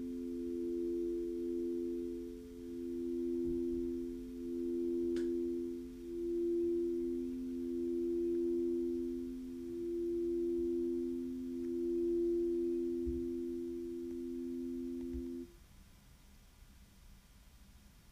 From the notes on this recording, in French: le tambour, la flûte et les bols de Crystal